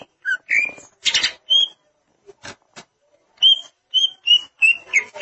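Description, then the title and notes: Greater green leafbird song of short bright whistles and slurred notes, broken by harsh rasping bursts and clicks, with a run of whistles toward the end. "Suara Kicauan Burung Cucak Ijo"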